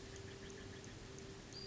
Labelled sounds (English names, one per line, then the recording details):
Western Flycatcher
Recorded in Sonoma County, California